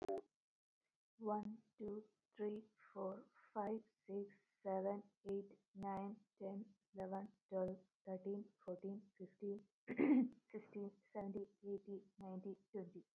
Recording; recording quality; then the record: counting at a normal pace; excellent, no background noise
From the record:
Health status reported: exposed to COVID-19, no respiratory illness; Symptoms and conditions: cough, muscle pain, loss of smell and taste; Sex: female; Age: 27 years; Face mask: not worn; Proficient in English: yes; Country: India